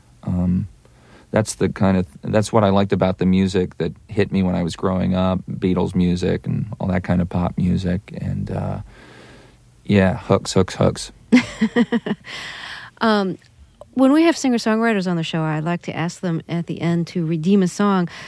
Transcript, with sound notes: That's the kind of -- that's what I liked about the music that hit me when I was growing up, Beatles music and all that kind of pop music. And, yeah, hooks, hooks, hooks.
(laughs) When we have singer-songwriter's on the show I like to ask them at the end to redeem a song.